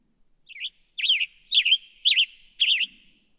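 Western Tanager song of five buzzy, up-and-down phrases at a steady pace of about two per second; a faint low sound near the end.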